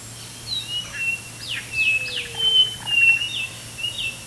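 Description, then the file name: White-eyed thrush giving quick series of high thin whistles and steep downslurred notes, roughly two per second, with a soft low sliding whistle in the background. "White-eyed-Thrush-call Robert-L -Sutton"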